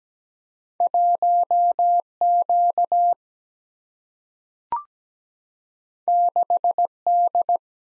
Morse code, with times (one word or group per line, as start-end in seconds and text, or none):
0.8-2.0 1
2.2-3.1 Q
6.1-6.9 6
7.1-7.6 D